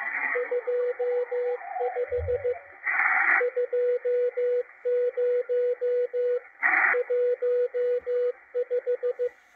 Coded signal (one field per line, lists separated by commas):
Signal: Morse code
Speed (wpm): 16 wpm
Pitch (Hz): 490 Hz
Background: radio noise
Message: 25 20 15